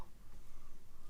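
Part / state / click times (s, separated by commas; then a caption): ribbon connector locking lid on flight board / not seated / none. The locking lid of a ribbon-cable connector on the flight board of a drone recovered from the sea is held up while being handled before it is pressed closed to latch the ribbon. Only faint, low handling noise and soft rustling are heard, with a small tick near the start. Nothing has clicked or seated yet.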